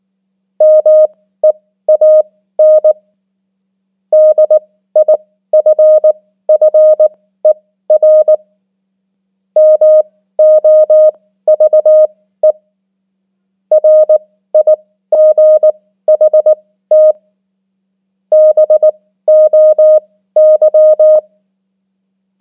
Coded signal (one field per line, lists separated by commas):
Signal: Morse code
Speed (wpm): 19 wpm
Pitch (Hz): 620 Hz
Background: none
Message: MEAN DIFFER MOVE RIGHT BOY